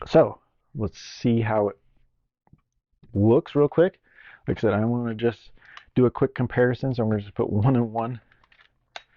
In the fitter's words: but it just clicks right in just like the other one, and you can see the how much different it does look